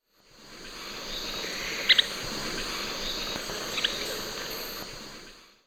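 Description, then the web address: Yellow tyrannulet giving a sharp high double note near two seconds and a single note about two seconds later, over a steady loud hiss of insects. Recorded in Ecuador. "Natures Songs S America Birds of Ecuador Yellow Tyrannulet"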